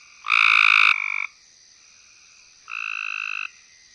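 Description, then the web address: Cope's gray treefrog calling with two fast, rasping trills, the first loud and the second softer, with a steady high hum behind. "Frog Hyla Chrysoscelis"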